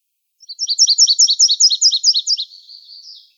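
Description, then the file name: Virginia's warbler song: a quick, even series of several high, paired notes, ending in a softer trailing twitter. Recorded in Arizona on 30 April 2005. "VIWA 6 deviche"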